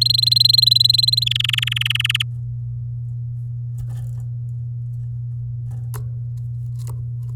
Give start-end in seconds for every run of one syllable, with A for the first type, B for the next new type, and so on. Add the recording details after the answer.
0.01-1.24 A, 1.26-2.23 B. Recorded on 10 May 2018 at 11:37. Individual llb16